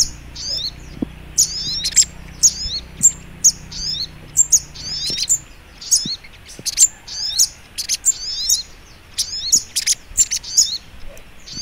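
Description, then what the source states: Little Spiderhunter giving rapid, piercing high chirps in dense repeated clusters, with a faint low hum at first. Labelled 'labaik'; training recording (masteran).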